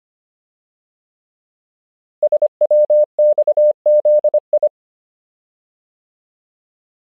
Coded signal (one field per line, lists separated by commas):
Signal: Morse code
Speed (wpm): 25 wpm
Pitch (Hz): 600 Hz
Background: none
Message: SWXZI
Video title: Morse Code Alphabet Practice — 25 WPM